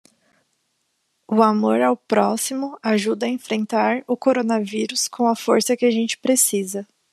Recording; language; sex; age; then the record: spoken sentence; Brazilian Portuguese; female; 20 to 29 years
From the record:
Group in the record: control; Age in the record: 23 years